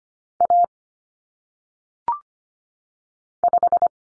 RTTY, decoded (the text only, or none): none